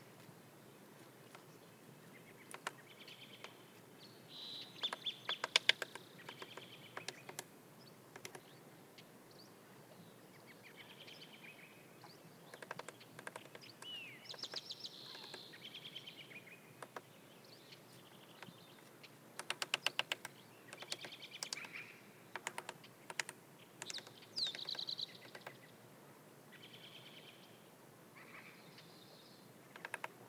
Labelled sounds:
Red-naped Sapsucker
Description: The sounds of a Red-naped Sapsucker drilling sap wells recorded on the Cub Lake Trail in Rocky Mountain National Park
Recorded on 29 May 2017

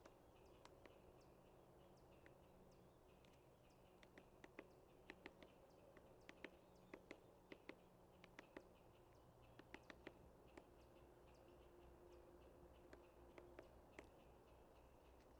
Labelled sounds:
Hairy Woodpecker call
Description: Hairy Woodpecker call recorded in Upper Beaver Meadows in Rocky Mountain National Park
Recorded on 30 May 2017

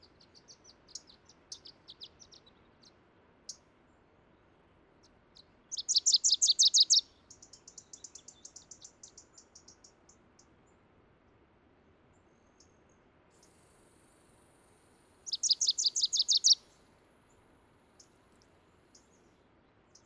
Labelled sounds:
Wilson's Warbler song
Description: Wilson's Warbler song recorded at the Alluvial Fan in Rocky Mountain National Park
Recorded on 31 May 2017

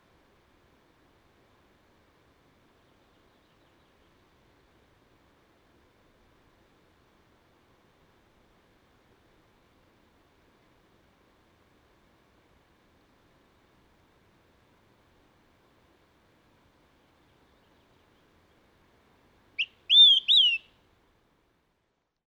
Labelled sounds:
Olive-sided Flycatcher song
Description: Olive-sided Flycatcher song recorded in Upper Beaver Meadows in Rocky Mountain National Park
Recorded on 31 May 2017

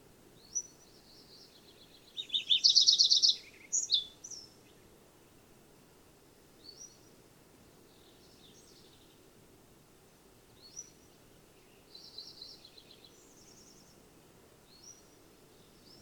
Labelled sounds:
Lincoln's Sparrow song
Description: Lincoln's Sparrow song recorded from two different birds on the Cow Creek Trail in Rocky Mountain National Park
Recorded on 22 June 2015

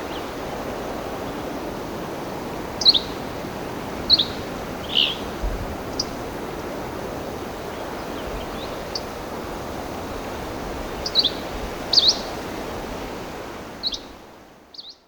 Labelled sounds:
Dusky Flycatcher song
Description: Dusky Flycatcher song recorded in the Wild Basin Moraine of Rocky Mountain National Park
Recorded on 2 June 2016

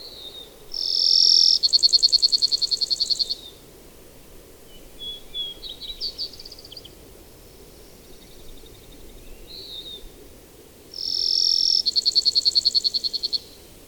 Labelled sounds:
Brewer's Sparrow song
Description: Brewer's Sparrow song recorded in Upper Beaver Meadows in Rocky Mountain National Park
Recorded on 24 June 2015

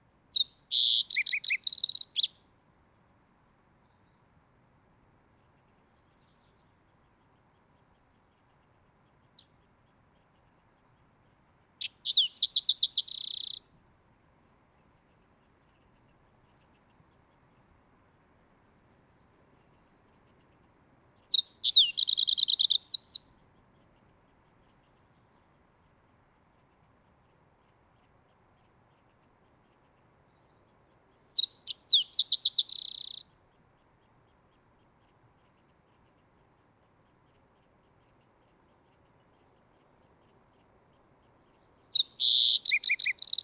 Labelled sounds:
Green-tailed Towhee
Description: Green-tailed Towhee song and call recorded in Upper Beaver Meadows in Rocky Mountain National Park
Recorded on 30 May 2017

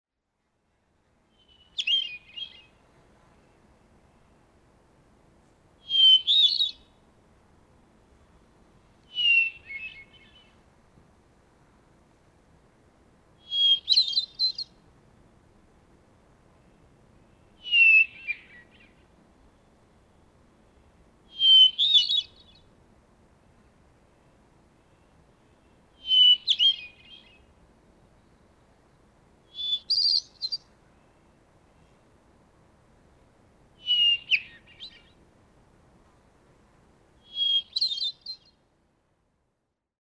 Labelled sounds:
Hermit Thrush song
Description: Hermit Thrush song recorded at Bierstadt Lake in Rocky Mountain National Park
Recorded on 7 June 2017

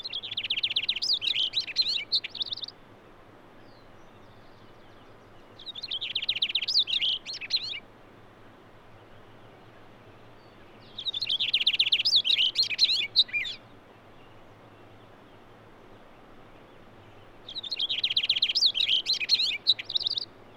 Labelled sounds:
Cassin's Finch song
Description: Cassin's Finch song recorded at Hollowell Park in Rocky Mountain National Park
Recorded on 6 June 2017

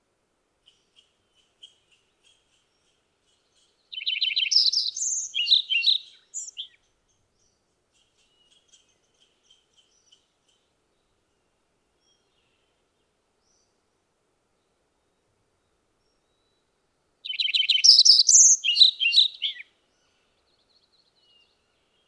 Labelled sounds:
Lincoln's Sparrow song
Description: Lincoln's Sparrow song recorded on the Emerald Lake Trail in Rocky Mountain National Park
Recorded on 29 June 2015

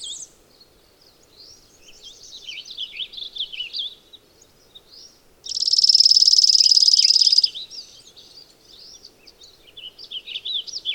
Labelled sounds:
Chipping Sparrow song
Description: Chipping Sparrow song recorded on the Cow Creek Trail in Rocky Mountain National Park
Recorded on 15 June 2015

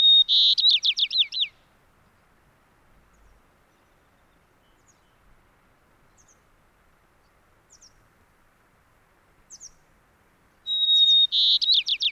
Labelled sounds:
White-crowned Sparrow song
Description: White-crowned Sparrow song recorded in Moraine Park in Rocky Mountain National Park
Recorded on 29 May 2017

